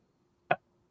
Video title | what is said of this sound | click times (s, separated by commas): SHOW and TELL 11/19/25 #ShowandTell #adafruit | has a satisfying click. It's a little hard to get out, but I think it'll get easier uh over time. | 0.5 s